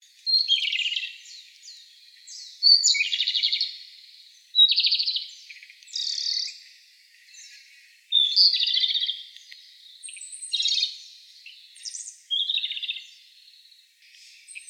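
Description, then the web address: Japanese robin delivering a run of high, rattling trilled phrases, each starting sharply and fading, repeated roughly every two seconds in a steady series. Recorded 13 April 2016. "birdenaga komadori"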